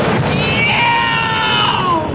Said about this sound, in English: Fred, I've been hit by lightning.